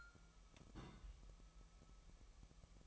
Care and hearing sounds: daily activity, microphone in the room; place on stove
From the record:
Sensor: 1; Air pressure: 1002.1 hPa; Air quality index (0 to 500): 247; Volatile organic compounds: 51 ppm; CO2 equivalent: 3312 ppm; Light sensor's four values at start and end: 6/13/5/6 and 6/13/5/6

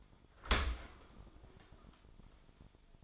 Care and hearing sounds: daily activity, microphone in the room; open dishwasher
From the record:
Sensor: 5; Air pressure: 1003.2 hPa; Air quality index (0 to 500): 137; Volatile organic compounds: 2 ppm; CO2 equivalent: 1003 ppm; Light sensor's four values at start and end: 79/192/79/90 and 72/174/72/81

